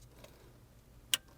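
A white plastic wiring harness connector is pushed firmly, with some force, into the Beat-Sonic amplifier harness socket behind the radio of a Toyota Camry with JBL. After a faint tick at 0.2 s and near silence, a sharp, loud click at 1.1 s marks the connector seating fully.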